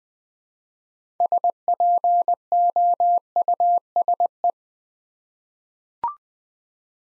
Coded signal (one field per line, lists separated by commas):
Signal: Morse code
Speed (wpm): 20 wpm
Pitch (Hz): 700 Hz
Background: none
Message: SPOUSE